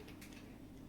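The plastic cap of a refilled sea salt mill is being pressed back onto the grinder body, giving faint handling noises around 0.1 s and 0.2 s over a steady low hum. Nothing has seated or clicked yet.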